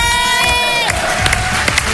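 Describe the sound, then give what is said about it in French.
A crowd cheers loudly for a group of girls, with high-pitched whoops and shouts, while scattered hand claps pop through the noise for the full two seconds. “Bravo les filles, bravo, on peut les applaudir.”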